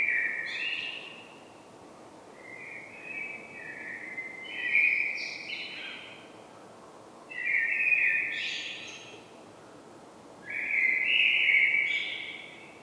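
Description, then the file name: Common blackbird song with several rich whistled phrases spaced a few seconds apart, each dropping or wavering, several closing in a thin high twitter. "Turdus merula"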